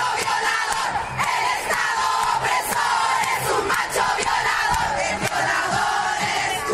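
A crowd of women shouting together in protest against male violence and the killing of women, stamping in place and turning, some blindfolded with fake blood on their faces: a loud, continuous roar of raised voices with sharp rhythmic bursts and chant-like surges throughout, no single voice standing out.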